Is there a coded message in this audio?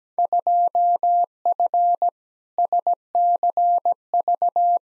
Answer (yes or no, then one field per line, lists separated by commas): yes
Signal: Morse code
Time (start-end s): 0.2-4.8 s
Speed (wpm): 17 wpm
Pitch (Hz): 700 Hz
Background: none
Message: 2F SCV